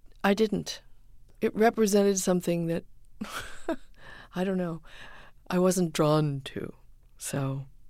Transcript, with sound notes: I didn't. It represented something that (laughter) - I don't know - I wasn't drawn to. So